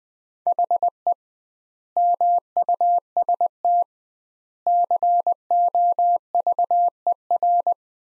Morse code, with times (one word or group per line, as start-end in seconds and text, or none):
0.5-1.1 HE
2.0-3.8 MUST
4.7-7.7 COVER